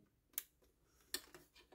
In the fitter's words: está travado não vai sair